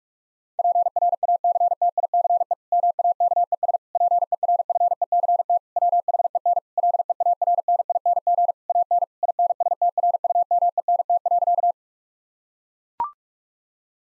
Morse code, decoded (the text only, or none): PRACTICE MAKES PERFECT WHEN LEARNING AN INSTRUMENT.